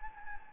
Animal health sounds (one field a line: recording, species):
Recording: mosquito wingbeat signal from an infrared sensor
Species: Anopheles gambiae